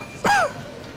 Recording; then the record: coughing mixed with background sound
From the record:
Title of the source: Heavy cold and sore throat coughing.